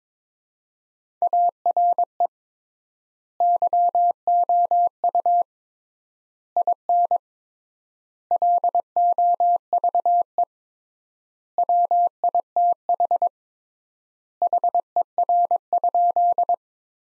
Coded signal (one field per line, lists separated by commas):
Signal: Morse code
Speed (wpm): 22 wpm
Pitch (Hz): 700 Hz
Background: none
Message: ARE YOU IN LOVE WITH HER?